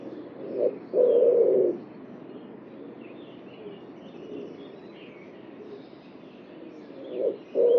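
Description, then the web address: Bird: low two-part coo heard twice, about six seconds apart, the second cut off at the end. Each is a short note followed by a longer steady hum, over quiet background noise. "cianscape birddata Deverinetal 2025 Bird Only"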